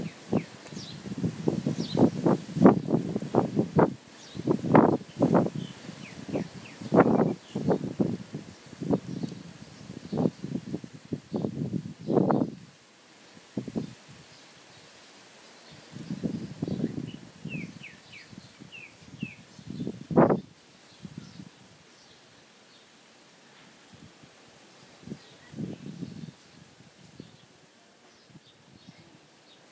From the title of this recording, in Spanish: La naturaleza en nuestra pequeña ciudad